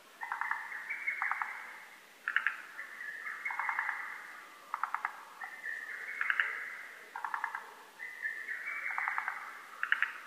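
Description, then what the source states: Lesser cuckoo song: loud, clipped whistled phrases, each about two seconds long, repeated almost without pause, with sharp higher accents breaking each phrase. Recorded on 12 June 2010.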